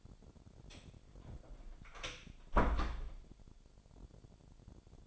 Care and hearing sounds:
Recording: daily activity, microphone in the room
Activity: close door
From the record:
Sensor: 5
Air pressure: 1007.4 hPa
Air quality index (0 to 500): 160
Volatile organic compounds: 3 ppm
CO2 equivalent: 1534 ppm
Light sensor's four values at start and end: 57/162/63/63 and 58/163/63/64

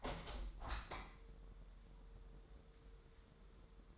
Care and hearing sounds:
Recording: daily activity, microphone in the room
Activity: open window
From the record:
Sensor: 3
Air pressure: 1000.0 hPa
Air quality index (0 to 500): 228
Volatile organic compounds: 102 ppm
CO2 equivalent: 3769 ppm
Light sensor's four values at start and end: 9/22/9/9 and 10/23/9/9

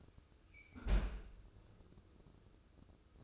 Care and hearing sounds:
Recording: daily activity, microphone in the room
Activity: close fridge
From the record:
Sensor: 2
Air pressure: 995.1 hPa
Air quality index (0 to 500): 64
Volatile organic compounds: 2 ppm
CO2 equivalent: 1080 ppm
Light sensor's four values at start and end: 17/55/21/21 and 17/55/21/21

